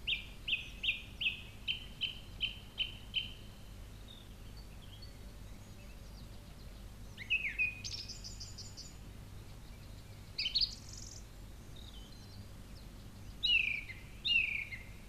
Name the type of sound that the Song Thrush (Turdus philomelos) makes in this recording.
song